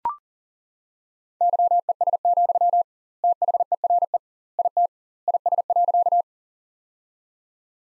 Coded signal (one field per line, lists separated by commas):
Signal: Morse code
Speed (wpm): 40 wpm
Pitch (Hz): 700 Hz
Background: none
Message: YES, THERE IT IS.